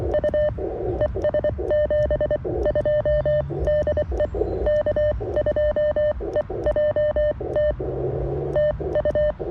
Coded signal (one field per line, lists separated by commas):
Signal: Morse code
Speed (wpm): 23 wpm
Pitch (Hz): 590 Hz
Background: none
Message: U ES 72 DE K2EJT TU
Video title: CW POTA with the CFT-1 QRP radio, WRC antenna, and Begali Expedition key